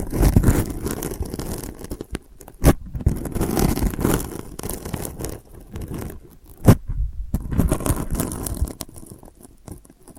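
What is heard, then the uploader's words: Delicate scratching, a dense, uneven rustle of small scrapes and crinkly textures, mostly low and soft with brighter edges. It comes in bursts with brief quiet gaps around two, six and seven seconds, and sharp clicks near 2.6 and 6.7 seconds. ASMR Delicate Scratching for Sleep (No Talking).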